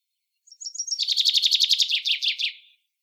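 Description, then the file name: Common chaffinch song: a few thin high notes, then a fast trill of repeated lower notes, fading at the end. "Fringilla coelebs"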